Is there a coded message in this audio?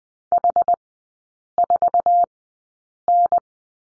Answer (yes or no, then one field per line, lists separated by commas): yes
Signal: Morse code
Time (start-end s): 0.3-3.4 s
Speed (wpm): 20 wpm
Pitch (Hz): 700 Hz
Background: none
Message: H4N